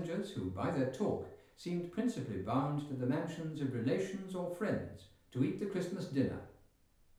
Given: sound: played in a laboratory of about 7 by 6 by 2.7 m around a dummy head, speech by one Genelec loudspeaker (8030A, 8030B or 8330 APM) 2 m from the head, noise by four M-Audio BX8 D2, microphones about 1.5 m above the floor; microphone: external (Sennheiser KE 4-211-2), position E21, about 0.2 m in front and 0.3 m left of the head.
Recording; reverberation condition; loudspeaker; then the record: male speech in English; medium; 150 degrees to the right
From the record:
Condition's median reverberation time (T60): about 510 ms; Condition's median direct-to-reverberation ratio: about -0.5 dB